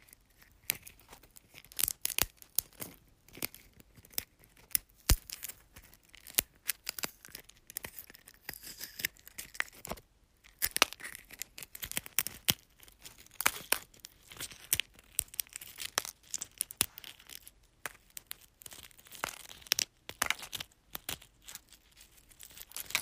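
Eggshells crunching in a quick, irregular stream of sharp cracks and crackles, packed densely with brief pauses around ten seconds. The snaps are bright and crisp, some louder pops standing out near five, twenty and twenty-two seconds, over a faint hiss.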